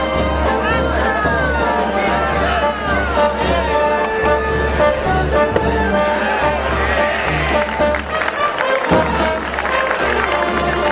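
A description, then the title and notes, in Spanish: At the start of a mixed bullfight at the August fair in Aracena, a crowd murmurs and chatters in a dense, steady wash with scattered voices and brief applause. Whistling, bright calls rise and fall throughout, over a constant low hum that briefly drops out near nine seconds. Sonido del comienzo de la corrida mixta de toros en la feria de agosto en Aracena. Sonido ambiente desde el callejón.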